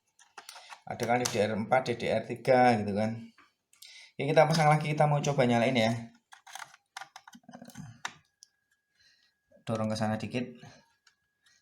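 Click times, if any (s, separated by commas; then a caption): 8.1 s. A laptop SO-DIMM RAM stick is reinstalled, pushed into its memory slot and pressed down until the side clips lock. Someone talks between small handling clicks and taps. The module seats with a sharp click at 8.1 s.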